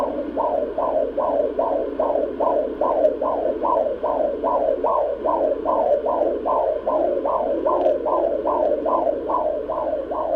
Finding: Fetal Heart Tones.